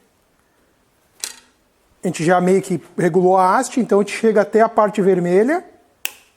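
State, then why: Torque reached. A click-type torque wrench is pulled steadily on an engine bolt until it reaches its set torque, giving one sharp metallic click at 6.1 s. Someone talks from about 2.0 s to 5.6 s, and a brief sharp tick is heard earlier at 1.2 s. The wrench clicks at its setting, confirming the set torque is reached.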